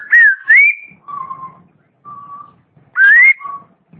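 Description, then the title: Long-tailed shrike song of loud clear whistles, slurred rising notes near the start and again at three seconds, with lower steady whistled notes between them. "Kicau Burung Pentet"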